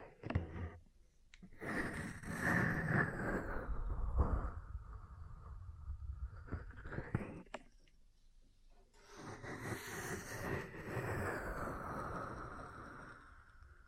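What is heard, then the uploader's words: Ear cleaning with massage, heard as dense rustling and rubbing that swells from about one second to seven, then fades. A few sharp taps mark the quieter middle, and a second bright, scratchy stretch of rubbing runs from about nine to twelve seconds before easing off. Ear Cleaning, Massage, Cupping, Tapping.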